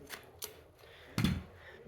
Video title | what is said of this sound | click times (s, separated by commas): Primo Highchair Review and Setup | make sure again those buttons pop into the hole | 1.2 s